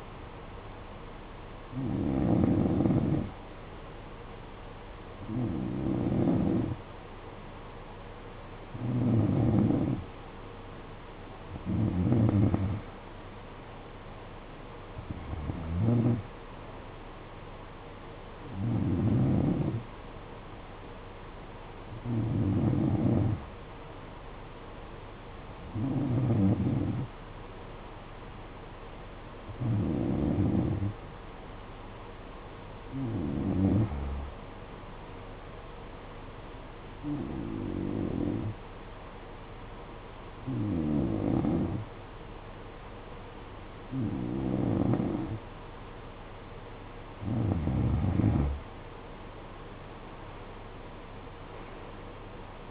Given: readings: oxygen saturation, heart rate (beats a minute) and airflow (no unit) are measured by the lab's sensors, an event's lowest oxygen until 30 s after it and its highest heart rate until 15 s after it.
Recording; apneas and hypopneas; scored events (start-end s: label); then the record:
breathing in sleep by a voice recorder at the bedside; 1
24.00-46.30 s: hypopnea (N2, oxygen 92% highest, then 89% lowest, heart rate 60 at the start, 66 highest)
34.00-52.71 s: new sleep stage, N3 (deep sleep)
From the record:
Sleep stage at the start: N2 (light sleep); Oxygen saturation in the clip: 89 to 92%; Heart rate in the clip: 56 to 64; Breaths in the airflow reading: 15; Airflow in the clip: -13.8 to 8.7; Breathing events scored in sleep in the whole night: 476 in 9.7 hours asleep